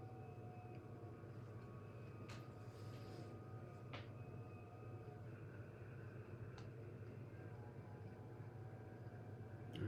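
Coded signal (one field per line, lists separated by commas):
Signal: FT8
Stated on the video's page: Real-time FT8 on 20 meters.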